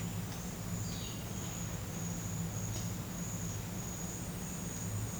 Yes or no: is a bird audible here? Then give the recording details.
yes. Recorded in secondary vegetation near Puerto Asís, Putumayo, Colombia, on 19 March 2025 at 11:30. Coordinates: 0.485, -76.322. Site G040